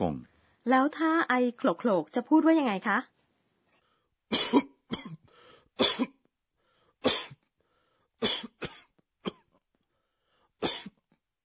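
An adult's acted demonstration of a heavy, harsh, chesty cough, the kind Japanese calls 'goho goho'. A voiced vocalization comes first, then a series of separate cough bursts.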